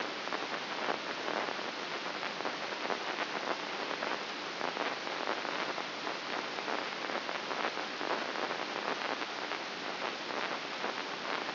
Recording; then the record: brain microelectrode recording played as sound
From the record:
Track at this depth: inside the subthalamic nucleus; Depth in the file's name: 3.04 mm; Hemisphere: right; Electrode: 2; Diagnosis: Parkinson's disease